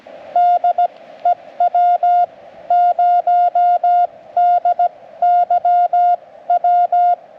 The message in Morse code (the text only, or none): DE W0DYW